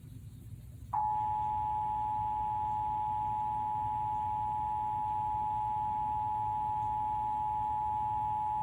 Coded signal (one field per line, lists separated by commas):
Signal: Emergency Alert System (SAME) tones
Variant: 853 and 960 Hz attention tone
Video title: EAS #382: Severe Thunderstorm Warning - Indiana (6/12/2021) (WIPB)